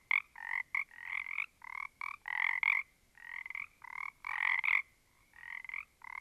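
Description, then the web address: Several frogs giving grating, rattling croaks in quick overlapping bursts, calling nearly without pause. A small group of frogs. "static audio olofonia Small Group of Frogs"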